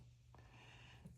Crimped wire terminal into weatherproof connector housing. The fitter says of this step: that in and you slide it in until it clicks.